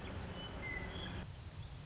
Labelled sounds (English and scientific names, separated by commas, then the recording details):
Western Meadowlark (Sturnella neglecta)
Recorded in Sonoma County, California